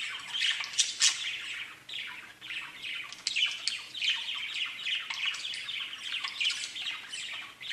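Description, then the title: Budgerigars chattering in a steady stream of buzzy warbles, clicks and thin squeaks, with louder bursts every second or two. "Budgie Sounds"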